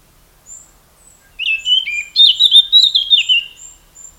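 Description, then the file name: Eurasian blackcap singing a short burst of clear, whistled warbling that builds in loudness, with faint high thin notes around it. "Sylvia atricapilla"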